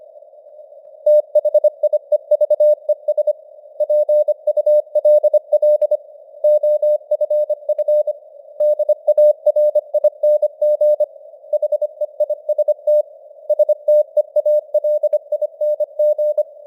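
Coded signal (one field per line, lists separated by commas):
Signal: Morse code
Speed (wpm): 25 wpm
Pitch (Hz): 600 Hz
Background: none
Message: THIEVES PULL OFF DARING HEIST STEALING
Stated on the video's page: News headlines in Morse at 25 wpm with simulated radio noise and varying signal strength (QSB).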